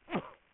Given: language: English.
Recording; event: throat vibration sensor signal played as sound; cough